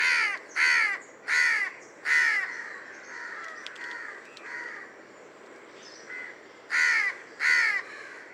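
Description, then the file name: House crow giving four harsh, nasal caws in quick series, a stretch of quieter calling, then two more loud caws near the end. "Corvus splendens"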